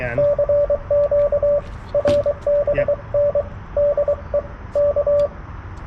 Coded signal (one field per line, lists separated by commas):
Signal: Morse code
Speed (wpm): 23 wpm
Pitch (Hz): 580 Hz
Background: radio noise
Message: CQ RBN DE K